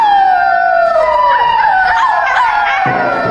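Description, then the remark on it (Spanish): Several wolves howl together in long, overlapping tones that slide slowly downward in pitch, with a few higher wavering cries layered on top, steady and loud throughout. “Tengo mucho miedo, mi mami me va a retar, está lleno de lobos, mejor me voy a mi casa.”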